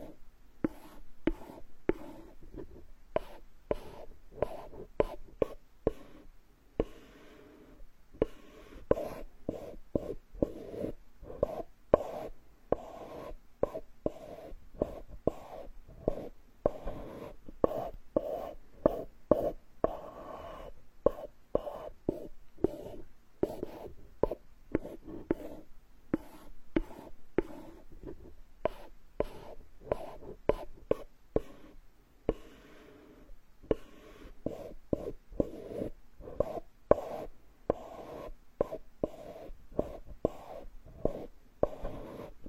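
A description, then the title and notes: Ear picking and massage sounds: a dense run of sharp scratchy clicks and taps, irregular but nearly constant across the whole recording. Beneath them runs a soft, low rubbing hush, with some stretches of quicker, louder scraping around the middle and near the end. Tree Ear Picking Supreme Spa Ear Massage.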